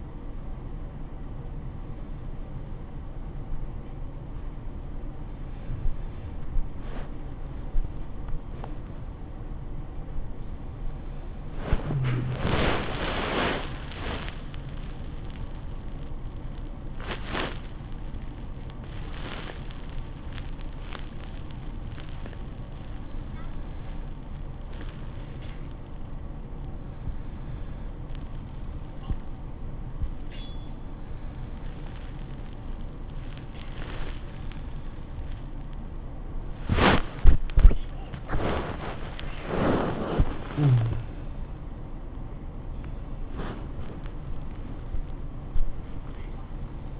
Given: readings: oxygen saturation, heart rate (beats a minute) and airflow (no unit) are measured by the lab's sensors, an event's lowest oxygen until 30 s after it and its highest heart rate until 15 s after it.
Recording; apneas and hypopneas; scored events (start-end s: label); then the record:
a person awake in a sleep study, by a smartphone at the bedside; none
0.00-46.99 s: awake
From the record:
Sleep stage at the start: awake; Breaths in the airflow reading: 14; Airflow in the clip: -0.7 to 0.6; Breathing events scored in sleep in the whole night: 403 in 5.5 hours asleep